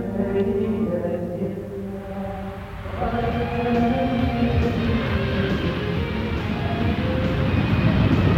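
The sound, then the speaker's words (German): A jet aircraft roars steadily on a flight to Resolute Bay in the Arctic, its engine hum carrying layered droning tones that swell louder and rougher about a third of the way in, with a deep rumble underneath. “Ein magischer Sprung mit dem Jet.”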